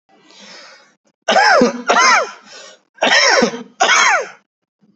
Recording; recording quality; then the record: heavy voluntary cough; excellent, no background noise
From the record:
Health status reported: healthy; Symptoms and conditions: none ticked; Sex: male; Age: 59 years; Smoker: not ticked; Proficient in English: yes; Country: India